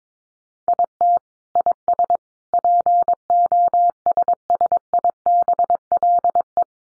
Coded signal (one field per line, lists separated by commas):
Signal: Morse code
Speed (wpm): 22 wpm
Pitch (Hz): 700 Hz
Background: none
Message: IT IS POSSIBLE